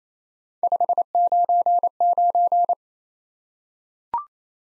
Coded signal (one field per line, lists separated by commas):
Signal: Morse code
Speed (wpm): 28 wpm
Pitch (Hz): 700 Hz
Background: none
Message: 599